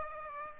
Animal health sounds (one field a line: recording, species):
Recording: mosquito wingbeat signal from an infrared sensor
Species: Aedes aegypti